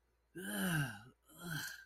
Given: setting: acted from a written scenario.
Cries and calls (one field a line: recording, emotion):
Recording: vocal sound without words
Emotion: disgust